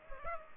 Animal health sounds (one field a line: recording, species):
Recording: mosquito wingbeat signal from an infrared sensor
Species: Culex pipiens